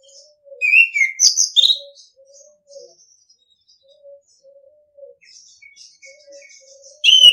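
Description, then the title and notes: Orange-headed thrush giving one loud burst of high whistled and squeaky notes, followed by soft low piping notes and a final sharp note. Masteran (training) song in the ngeplong style. "ANIS KEMBANG NGEPLONG. Masteran Anis Kembang"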